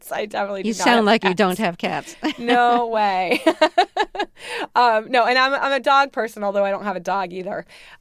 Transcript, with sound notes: I definitely do not have cats.
You sound like you don't have cats.
No way.
(LAUGHTER)
No. And I'm a dog person, although I don't have a dog either.